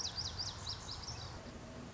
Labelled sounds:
Lazuli Bunting
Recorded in Sonoma County, California

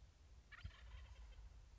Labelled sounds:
Wild Turkey
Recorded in Sonoma County, California

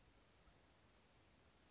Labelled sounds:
Western Flycatcher
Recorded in Sonoma County, California

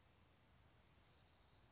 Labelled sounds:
Bewick's Wren
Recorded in Sonoma County, California

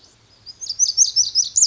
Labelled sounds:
Lazuli Bunting
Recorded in Sonoma County, California

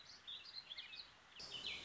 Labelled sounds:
Warbling Vireo
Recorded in Sonoma County, California

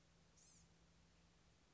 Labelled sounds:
Blue-gray Gnatcatcher
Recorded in Sonoma County, California

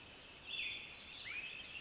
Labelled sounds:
Pacific Wren
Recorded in Sonoma County, California

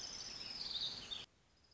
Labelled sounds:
Orange-crowned Warbler
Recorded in Sonoma County, California

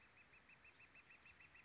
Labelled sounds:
Northern Flicker
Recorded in Sonoma County, California

